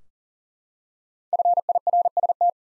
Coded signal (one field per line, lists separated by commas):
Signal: Morse code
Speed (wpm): 39 wpm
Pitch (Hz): 700 Hz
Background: none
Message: FIRST